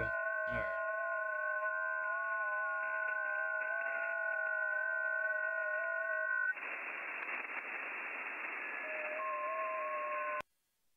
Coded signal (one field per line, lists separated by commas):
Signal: FT8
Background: speech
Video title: Part 2 of KM4ACK EFHW ham radio antenna Test and Tune | Ham Radio